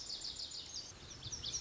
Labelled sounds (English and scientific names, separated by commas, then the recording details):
Lazuli Bunting (Passerina amoena)
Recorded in Sonoma County, California